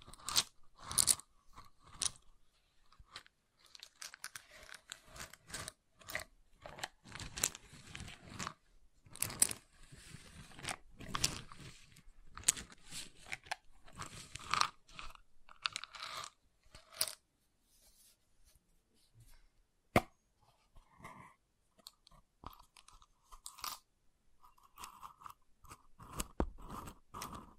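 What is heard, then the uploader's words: Wooden objects are handled, tapped and scraped in quick, irregular bursts of crisp clicks and crunchy knocks, dense in places and sparse in others. A sharp single knock stands out near the twentieth second, and a faint steady tone hums underneath throughout. ASMR Calming Wood Triggers for Sleep (No Talking).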